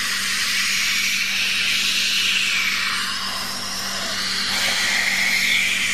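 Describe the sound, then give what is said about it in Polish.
During a musical sound-imitation game with a child for practising fricative consonants, a person imitates wind with a long, breathy whooshing hiss held for several seconds, steady and fairly loud, easing slightly midway before swelling again, with no words spoken. “A jaki dźwięk wydaje wiatr?”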